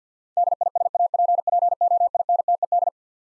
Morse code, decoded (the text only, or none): DISAPPOINTED